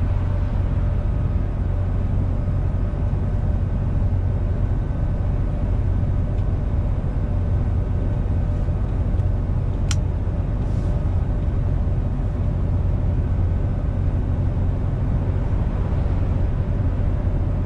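A truck's engine drones steadily throughout, with a deep, constant rumble and faint tonal hums riding above it. The sound barely changes in level. Around ten seconds a single sharp click or tick cuts briefly through the drone.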